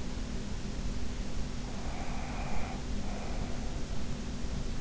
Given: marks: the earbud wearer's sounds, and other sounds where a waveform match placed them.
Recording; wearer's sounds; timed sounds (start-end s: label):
sounds in sleep by an in-ear microphone; breath
1.72-4.13 s: breath